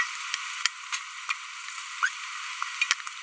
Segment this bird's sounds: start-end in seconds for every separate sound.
2.03-2.07